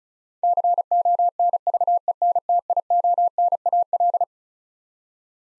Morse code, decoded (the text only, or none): CONVENTIONAL